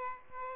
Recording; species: mosquito wingbeat signal from an infrared sensor; Aedes albopictus